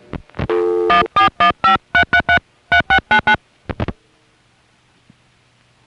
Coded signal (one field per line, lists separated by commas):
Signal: DTMF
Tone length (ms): 100 ms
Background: music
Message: 14153333699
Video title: Southern California Phone Tapes 1: #5 Crossbar in Van Nuys, Summer 1974